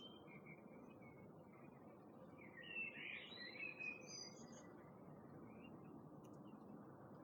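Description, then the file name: Common blackbird, a brief faint cluster of thin notes near the middle, set against steady low background noise. "Turdus merula"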